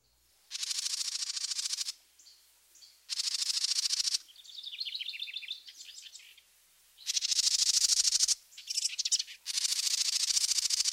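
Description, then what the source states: House Wren giving harsh, buzzy scolding chatters in four bursts of about a second each, with softer rapid notes between some of them. Characteristic scolding chatter.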